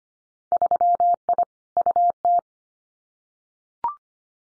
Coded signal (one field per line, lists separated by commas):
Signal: Morse code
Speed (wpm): 25 wpm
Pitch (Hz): 700 Hz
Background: none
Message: 3I UT